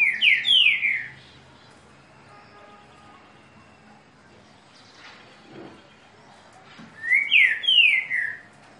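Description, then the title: Green-winged saltator song: a rich phrase of slurred whistles sliding downward, repeated after a pause of about six seconds, with faint background noise. "Canto De Trinca Ferro. TRINCA FERRO CANTANDO"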